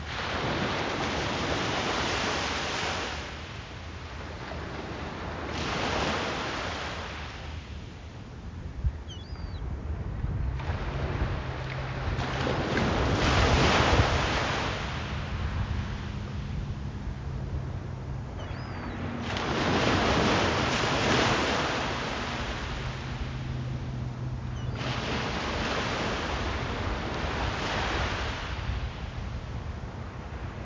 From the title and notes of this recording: Five Minutes of Ocean Waves. This sound was recorded at Revere Beach in Revere, Mass.